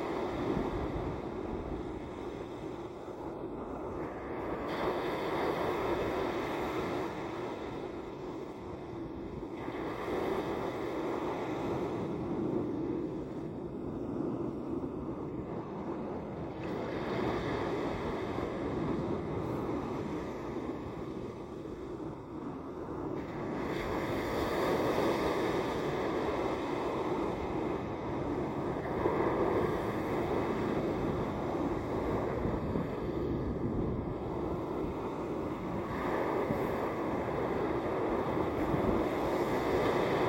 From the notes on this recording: Recorded oceanside in the town of Atlantic Beach, North Carolina.